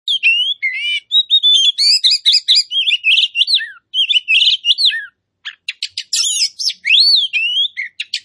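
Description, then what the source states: Oriental magpie-robin song: rich, fast run of clear whistled slurs, rising and falling notes and buzzy chatter, briefly pausing near the fifth second before resuming. Kacer poci form of the magpie-robin, singing vigorously (gacor).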